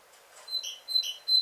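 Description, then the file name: Great tit giving three high, ringing two-part notes in quick succession. "Parus major"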